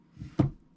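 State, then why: Seated. A motorcycle helmet visor, a Scorpion EXO R1 AIR CORPUS, is closed onto the helmet shell. A soft low rustle around 0.2 s is followed by a single sharp click at 0.4 s as the visor center lock clicks shut and the visor locks into place.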